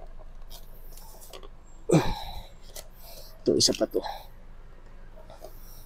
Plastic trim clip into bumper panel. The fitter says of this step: Hindi pa nagla-lock